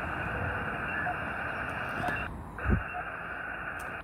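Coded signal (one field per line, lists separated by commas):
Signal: none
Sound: radio beeps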